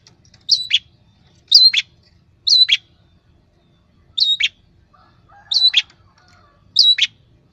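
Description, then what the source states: Long-tailed shrike song: six separate sharp notes that drop steeply in pitch, well spaced with pauses of a second or more. Training recording for cage birds (masteran).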